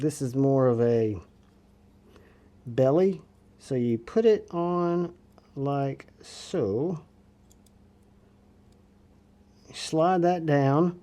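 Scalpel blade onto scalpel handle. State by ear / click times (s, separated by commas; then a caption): not seated / none. Someone talks while a belly-style scalpel blade is lined up on the mounting lug of a scalpel handle, ready to be slid down. Only faint handling ticks are heard in the quiet gaps between speech. The blade has not yet been slid down or clicked into place.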